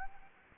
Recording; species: mosquito wingbeat signal from an infrared sensor; Anopheles gambiae